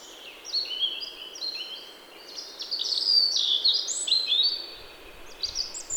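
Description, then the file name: European robin song of rapid, high, liquid phrases, swooping up and down and growing louder midway before fading to thin notes. "Erithacus rubecula"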